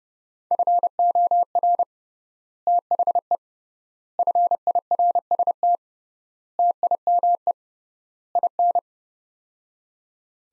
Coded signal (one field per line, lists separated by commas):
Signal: Morse code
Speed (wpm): 30 wpm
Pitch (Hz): 700 Hz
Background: none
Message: FOR THE FIRST TIME IN